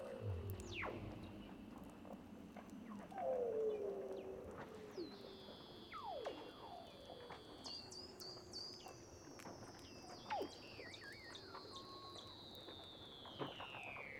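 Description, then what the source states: Weddell seal underwater calls: long descending whistles sweeping downward over several seconds, overlapping chirps and clicks, with a lower moaning tone early on. Weddell seals recorded underwater by Douglas Quin.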